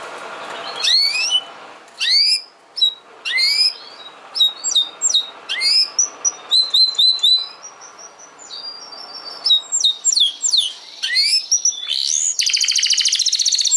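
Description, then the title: Domestic canary song of separate upward-flicking whistled phrases, then quicker notes, ending in a dense rapid trill. Portuguese canary breed. "Kenari Portugis"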